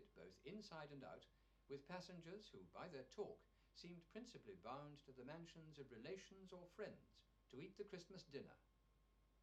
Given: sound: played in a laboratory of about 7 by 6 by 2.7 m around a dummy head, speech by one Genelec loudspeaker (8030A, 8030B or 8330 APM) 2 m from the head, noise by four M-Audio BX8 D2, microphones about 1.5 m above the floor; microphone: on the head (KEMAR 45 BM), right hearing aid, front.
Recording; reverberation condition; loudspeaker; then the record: male speech in English; low; 120 degrees to the right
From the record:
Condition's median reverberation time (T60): about 310 ms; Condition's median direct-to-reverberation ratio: about 3.5 dB